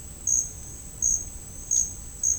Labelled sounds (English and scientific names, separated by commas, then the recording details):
none
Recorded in dense forest near Puerto Asís, Putumayo, Colombia, on 22 June 2025 at 10:30
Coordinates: 0.481, -76.323
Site G072